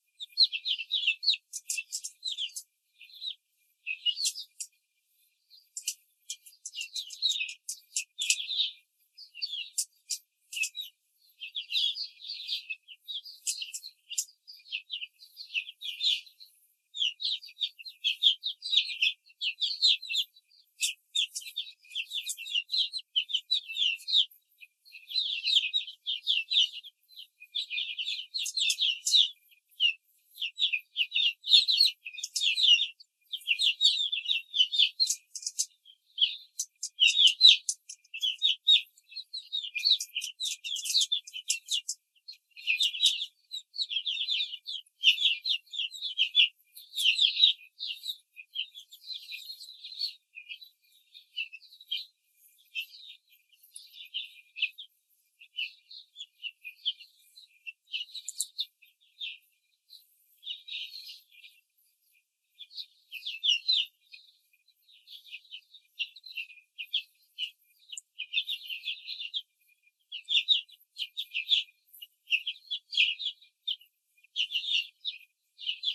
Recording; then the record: young laying hens in a cage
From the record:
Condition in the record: control cage, before the stress test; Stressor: none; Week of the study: 4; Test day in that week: 1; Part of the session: 3